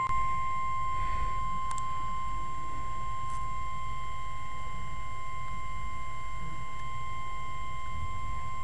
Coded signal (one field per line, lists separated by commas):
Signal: Emergency Alert System (SAME) tones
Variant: 1050 Hz attention tone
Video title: Severe Thunderstorm Watch (EAS #4)